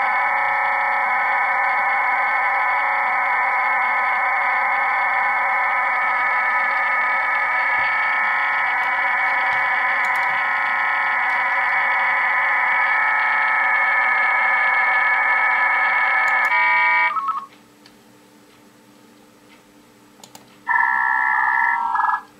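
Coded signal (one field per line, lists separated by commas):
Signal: digital SSTV (DRM)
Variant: HamDRM OFDM, QAM64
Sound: steady dense hiss-like tone block for 16 seconds, brief chord of tones, silence, short burst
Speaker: jsou ofdm šifrování v modulaci kvam 64 každá nosná ofdm vy kódovaná v klamu 64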